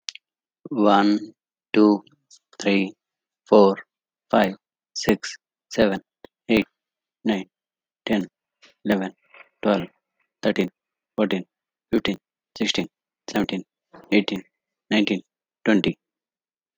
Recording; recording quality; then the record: counting at a normal pace; excellent, no background noise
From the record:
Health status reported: healthy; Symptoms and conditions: diabetes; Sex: male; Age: 45 years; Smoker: not ticked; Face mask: not worn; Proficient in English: yes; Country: India